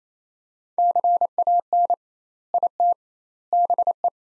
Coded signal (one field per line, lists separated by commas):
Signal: Morse code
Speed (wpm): 27 wpm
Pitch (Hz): 700 Hz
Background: none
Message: CAN IT BE